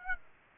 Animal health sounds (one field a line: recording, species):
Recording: mosquito wingbeat signal from an infrared sensor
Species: Aedes aegypti